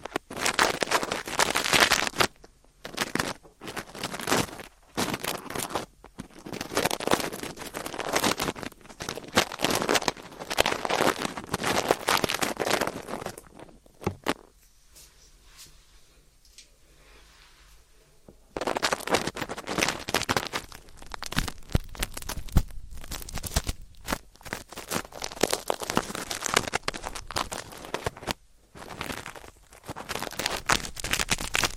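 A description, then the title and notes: Ear cleaning: dense bursts of scratchy, crinkling rubbing, from low rumble up to bright hiss, in quick uneven strokes. Around 14 to 18 seconds the rubbing stops and only a faint low hum remains. Then the scratching resumes, as busy as before. ASMR 자극주의 따끔따끔 3dio 귀청소 | ear cleaning.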